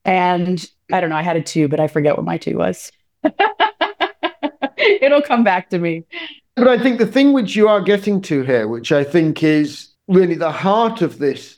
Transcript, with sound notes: And, I don’t know, I had a 2, but I forget what my 2 was. [Laughs] It’ll come back to me.
But I think the thing which you are getting to here, which I think is really the heart of this,